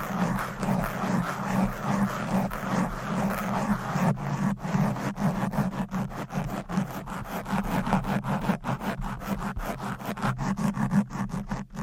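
Fast, aggressive scratching on a microphone fills the whole twelve seconds as a dense, rough rasp. Quick strokes repeat in rapid bursts, with many sharp breaks after the four-second mark. A low hum and gritty rubbing sit underneath throughout.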